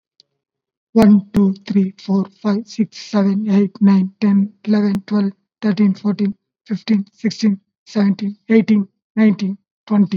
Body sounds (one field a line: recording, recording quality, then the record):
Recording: counting at a fast pace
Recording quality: excellent, no background noise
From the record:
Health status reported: COVID-19 positive, mild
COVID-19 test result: positive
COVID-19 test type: RT-PCR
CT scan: not taken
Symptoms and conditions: cough, fever, muscle pain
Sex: male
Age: 41 years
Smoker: no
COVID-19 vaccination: both doses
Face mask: worn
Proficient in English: yes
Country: India